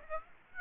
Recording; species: mosquito wingbeat signal from an infrared sensor; Aedes aegypti